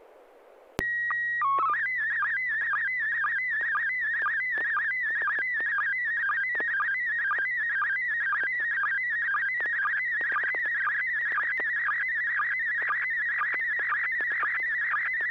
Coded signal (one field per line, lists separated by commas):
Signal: SSTV (slow-scan television)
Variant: PD 120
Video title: N6NA SSTV Net - 11/05/2025